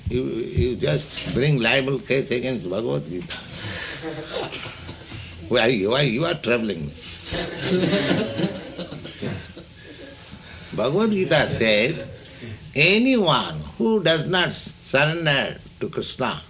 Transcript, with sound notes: You just bring libel case against Bhagavad-gītā. Why you are troubling me?" [laughter] Bhagavad-gītā says anyone who does not surrender to Kṛṣṇa...